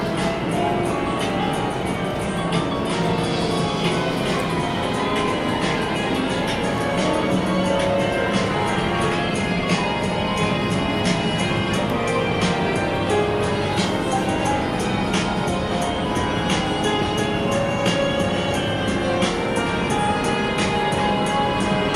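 A busy arcade hall where many game machines play music at once, forming a dense, steady wash with frequent bright electronic blips and chatter.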